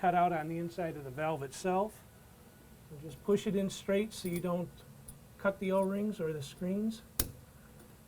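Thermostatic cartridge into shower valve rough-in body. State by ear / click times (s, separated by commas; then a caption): seated / 7.2 s. Someone talks while a thermostatic cartridge is lined up by its dimple with the cutout in a GROHE Rapido SmartBox shower valve rough-in body and pushed straight in, so the o-rings and screens don't get cut. A single sharp click at 7.2 s marks the cartridge snapping into place, seated in the valve body.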